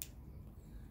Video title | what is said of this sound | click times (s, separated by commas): Fitting the Accent Electronic Ignition - An Idiots Guide to rebuilding a Suzuki GT750 | you hear it click and snap into position | 0.0 s